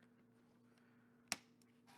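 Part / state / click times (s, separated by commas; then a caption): plastic arm piece into a figure's body / seated / 1.3 s. A plastic arm piece of a Transformers Legacy Motormaster figure is pressed into the figure's body over a faint steady hum. A single sharp snap rings out at 1.3 seconds as the arm clicks and seats into place.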